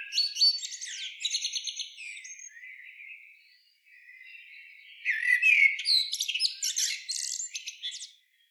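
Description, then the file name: Common blackbird giving loud scratchy chatter, an opening bout of rapid notes, a quieter drawn-out stretch, then a dense burst of harsh high twitters from five seconds. "Turdus merula"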